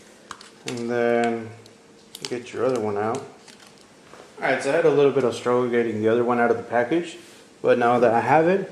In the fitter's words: then just push down you're going to hear like a click